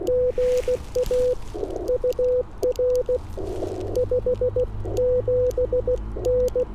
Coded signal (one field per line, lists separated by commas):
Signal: Morse code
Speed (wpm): 16 wpm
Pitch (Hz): 500 Hz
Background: none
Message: GA UR 57N